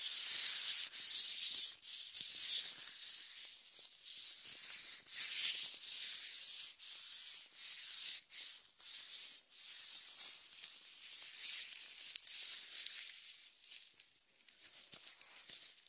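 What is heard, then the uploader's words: Latex-gloved hands massage foam over an ear, making a steady, dense hiss and crackle of rubbing with bright, fizzy detail. Short sharper squelches and pops break through every second or so, and the sound thins briefly near the end before resuming. Latex ear massage with shaving foam for comfort.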